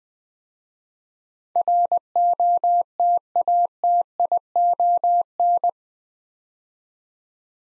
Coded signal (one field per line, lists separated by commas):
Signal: Morse code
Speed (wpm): 20 wpm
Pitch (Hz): 700 Hz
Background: none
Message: ROTATION